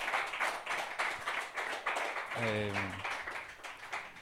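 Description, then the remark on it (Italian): Audience applause for a comedian's joke: a dense, steady wash of many hands clapping for about four seconds, with a brief tonal voice-like sound rising out of the crowd midway. “Fate un applauso, perché secondo me la battuta era bella.”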